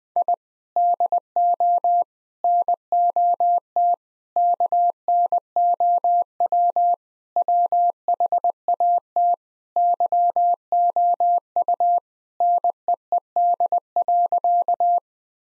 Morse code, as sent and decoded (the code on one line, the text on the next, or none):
.. / -.. --- / -. --- - / -.- -. --- .-- / .-- .... .- - / -.-- --- ..- / -. . . -.. .-.-.-
I DO NOT KNOW WHAT YOU NEED.